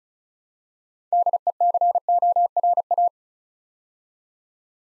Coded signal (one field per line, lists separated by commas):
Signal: Morse code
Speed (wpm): 36 wpm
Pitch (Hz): 700 Hz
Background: none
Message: DECORA